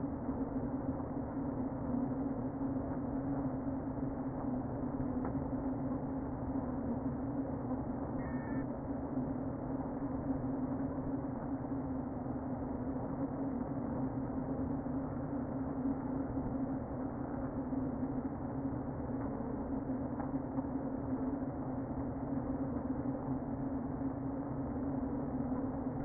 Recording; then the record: honeybee colony, microphone inside the hive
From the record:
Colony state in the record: queen present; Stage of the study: before two queens were removed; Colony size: about 60,000 bees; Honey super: yes